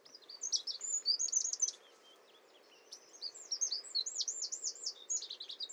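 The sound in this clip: Eurasian wren song in two bursts of rapid, high, tinkling notes and trills separated by a short pause, the second burst including looping rolled phrases.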